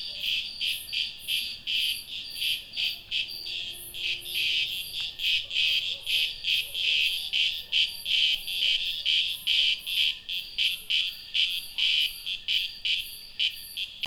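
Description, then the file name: Cicadas buzzing in rapid, somewhat uneven pulses, growing louder toward the middle. "cigarras"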